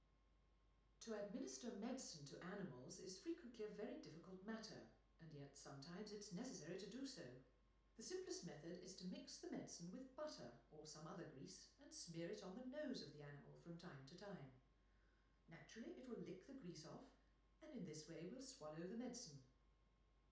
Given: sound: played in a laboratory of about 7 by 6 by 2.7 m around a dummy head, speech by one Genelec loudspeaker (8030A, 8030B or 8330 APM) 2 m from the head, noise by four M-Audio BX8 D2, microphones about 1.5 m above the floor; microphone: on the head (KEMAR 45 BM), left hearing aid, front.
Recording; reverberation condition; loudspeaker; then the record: female speech in English; medium; behind (180 degrees)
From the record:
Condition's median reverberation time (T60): about 510 ms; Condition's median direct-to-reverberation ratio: about -0.5 dB